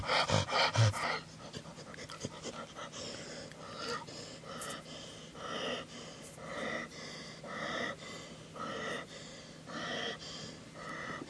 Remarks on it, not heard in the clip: That's the sound of my dog wheezing. It just started today.